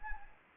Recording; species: mosquito wingbeat signal from an infrared sensor; Anopheles arabiensis